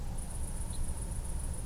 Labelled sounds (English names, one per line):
Ortolan Bunting
unidentified animal sound